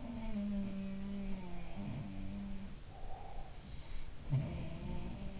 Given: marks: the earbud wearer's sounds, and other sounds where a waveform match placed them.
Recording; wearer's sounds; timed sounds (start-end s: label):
sounds in sleep by an in-ear microphone; breath
0.00-2.83 s: sound from someone else or the room
2.91-3.67 s: breath
4.25-5.40 s: sound from someone else or the room